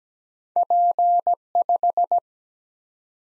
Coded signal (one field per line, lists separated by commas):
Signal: Morse code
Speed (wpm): 17 wpm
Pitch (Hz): 700 Hz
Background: none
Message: P5